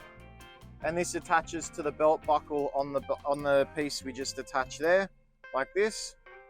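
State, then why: Not seated. A shoulder seatbelt's metal tongue is being handled toward the belt buckle on a just-attached restraint piece in a 2007 Nissan Serena wheelchair accessible vehicle. Someone talks over steady background music. Nothing has seated or clicked yet.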